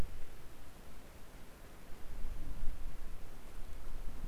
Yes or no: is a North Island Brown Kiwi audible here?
no